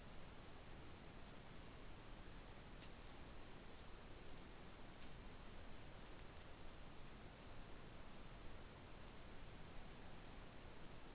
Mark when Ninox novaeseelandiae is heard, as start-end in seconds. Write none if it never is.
none